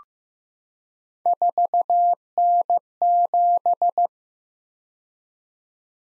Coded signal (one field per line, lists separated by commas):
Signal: Morse code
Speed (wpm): 15 wpm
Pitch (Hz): 700 Hz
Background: none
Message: 4N7